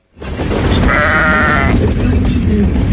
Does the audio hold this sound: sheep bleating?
yes